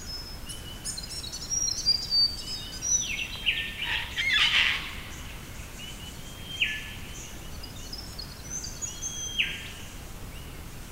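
Birdsong rings out along the Isabella River in the early morning, several birds trading high, thin whistles and quick trills over a steady low hiss of background noise. The busiest burst of chirping comes around four to five seconds, with sliding whistled notes recurring afterward.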